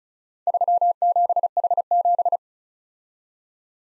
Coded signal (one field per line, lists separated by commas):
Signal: Morse code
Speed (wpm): 34 wpm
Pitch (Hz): 700 Hz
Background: none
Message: 37H7